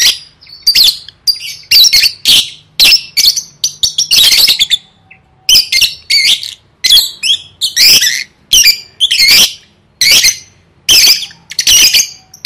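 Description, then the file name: Lovebird chatter: sharp, high screeching notes and rapid bursts repeated irregularly throughout, loud with brief gaps. "tieng vet mau don"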